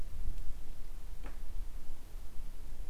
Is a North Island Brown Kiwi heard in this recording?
no